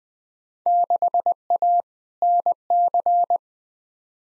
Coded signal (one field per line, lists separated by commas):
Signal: Morse code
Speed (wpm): 20 wpm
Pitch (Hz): 700 Hz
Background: none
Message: 6A NC